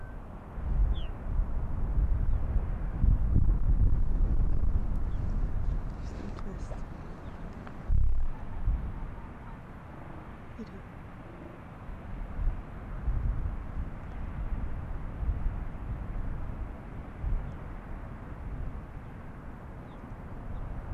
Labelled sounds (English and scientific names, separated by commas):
Arctic Fox (Vulpes lagopus)